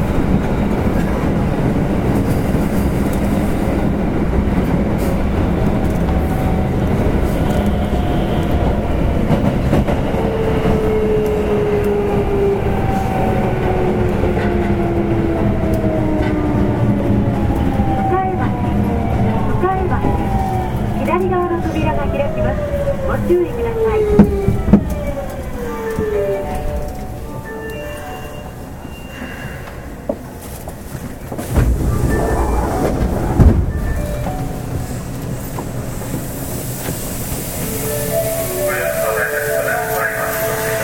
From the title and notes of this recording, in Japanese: 近鉄7000系 地下鉄中央線 本町から長田まで。It is a running sound of a Kintetsu 7000 series train.I recorded on the Osaka city subway Chuo Line of a direct drive destination.